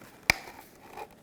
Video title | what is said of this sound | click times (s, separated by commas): How To Replace Side Mirror 2006-2010 Volkswagen Jetta | it just clicks in place like that | 0.3 s